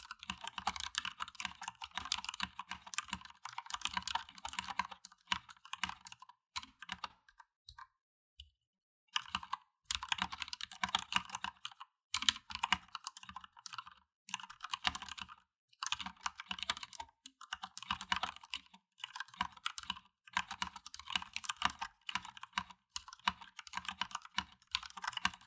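Rapid keyboard typing in dense clattering bursts, with a brief pause near eight seconds and short gaps between runs of keystrokes.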